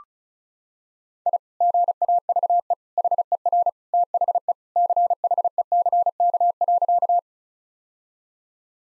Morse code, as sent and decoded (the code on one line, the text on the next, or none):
.. / --. .- ...- . / .... . .-. / - .... . / -.-. .... . -.-. -.- .-.-.-
I GAVE HER THE CHECK.